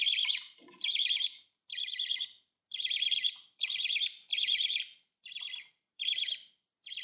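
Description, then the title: Budgerigar calls: grating, buzzy chirps repeated a little more than once a second in a chattering run. "Budgie Sounds"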